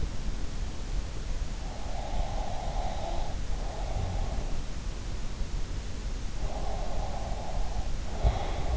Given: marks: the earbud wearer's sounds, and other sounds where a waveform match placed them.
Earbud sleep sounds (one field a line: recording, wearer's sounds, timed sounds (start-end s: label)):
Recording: sounds in sleep by an in-ear microphone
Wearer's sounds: breath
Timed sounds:
2.05-4.44 s: breath
6.71-8.77 s: breath